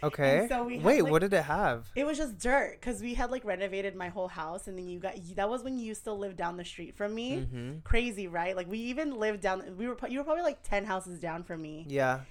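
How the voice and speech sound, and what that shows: A woman speaks fluently and clearly about her old street and a renovated house, with brief replies from another speaker; ordinary conversational speech.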